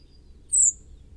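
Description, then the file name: Common blackbird giving a single brief, thin, very high call against a quiet background. "Turdus merula"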